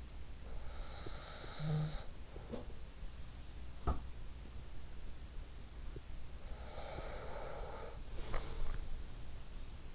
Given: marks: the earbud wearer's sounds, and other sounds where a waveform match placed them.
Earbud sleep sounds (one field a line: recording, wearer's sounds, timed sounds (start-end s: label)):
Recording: sounds in sleep by an in-ear microphone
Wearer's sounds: snoring breath, breath, swallowing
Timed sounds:
0.00-2.78 s: snoring breath
3.59-4.29 s: sound from someone else or the room
6.44-9.14 s: breath
8.24-8.99 s: swallowing